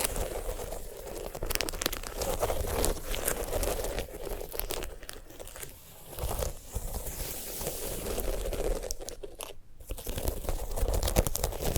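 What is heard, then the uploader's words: Dry crinkling and crunching sounds come from handling a sunflower head, with scratchy rustles and small crackles nearly continuous throughout. The texture is dense and irregular, with sharper snaps scattered across it and a brief quieter dip near six seconds and again near ten. ASMR of a Sunflower Head (No Talking).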